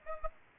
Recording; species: mosquito wingbeat signal from an infrared sensor; Aedes aegypti